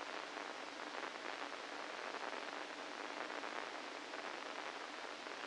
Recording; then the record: brain microelectrode recording played as sound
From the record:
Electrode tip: inside the subthalamic nucleus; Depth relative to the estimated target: -3 mm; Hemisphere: right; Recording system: NeuroSet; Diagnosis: Parkinson's disease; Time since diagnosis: 8 years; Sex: male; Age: 65 years